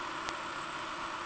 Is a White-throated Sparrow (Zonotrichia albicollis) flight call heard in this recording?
no